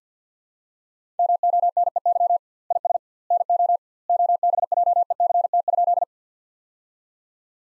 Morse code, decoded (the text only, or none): MONEY IS NO OBJECT?